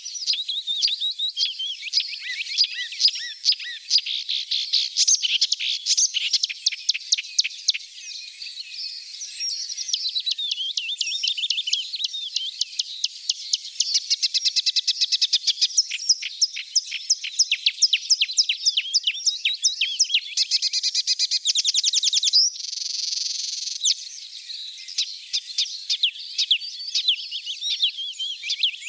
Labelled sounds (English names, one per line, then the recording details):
Marsh Warbler song
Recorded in the wild
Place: Flögelner See, Baden-Württemberg, DE
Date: 1981-05-31
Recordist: Schwarz, Dieter